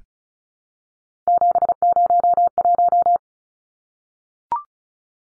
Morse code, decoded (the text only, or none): 701